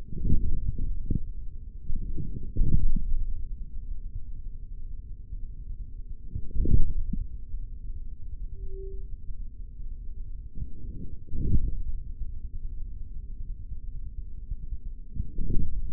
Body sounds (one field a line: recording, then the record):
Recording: forearm muscle sounds (acoustic myography)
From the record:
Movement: forearm pronation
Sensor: system 3, bracelet of six PUI Audio POM-2738L microphones around the upper forearm, with dedicated amplification and filtering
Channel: 3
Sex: male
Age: 56 years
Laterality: right